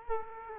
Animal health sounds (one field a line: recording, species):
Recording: mosquito wingbeat signal from an infrared sensor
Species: Culex quinquefasciatus